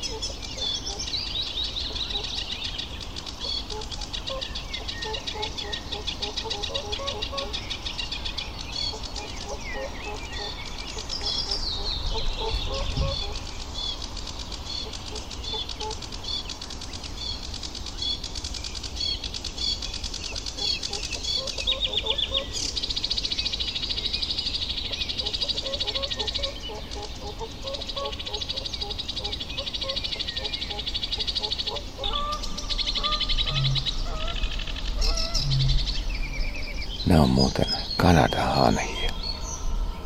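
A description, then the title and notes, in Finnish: Dawn chorus at Sylvöjärvi just after sunrise: dense, steady birdsong layered throughout, over a low rumble, with louder bursts near the end. Toukokuu etenee vääjäämättä kohti kesää. Asko Hauta-aho kävi muutama päivä sitten Nastolan Sylvöjärvellä heti auringonnousun jälkeen kuuntelemassa luonnon tarjoamaa konserttia. Punakylkirastas ja mustapääkerttu säestivät väkevästi taustalla, mutta aluksi kohteena oli läheisessä puussa taitavasti luritteleva kultarinta.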